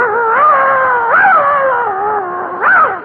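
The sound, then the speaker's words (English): A dog whines in one long, unbroken high-pitched cry that wavers steadily and swoops upward twice, fairly loud and with no talking over it. “Will your dog bite me?”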